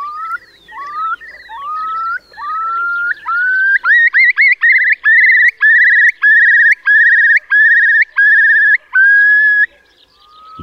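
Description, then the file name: Eurasian curlew bubbling song: slow rising whistled notes that speed up into a run of loud, rippling trilled phrases, then stop abruptly. "Kulik wielki"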